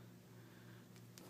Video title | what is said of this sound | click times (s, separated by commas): Belkin Snap Cover iPad 3 Review | not a lot of click there that's actually one of the things that's uh that's a little frustration of mine and i'm going to show you that | 1.2 s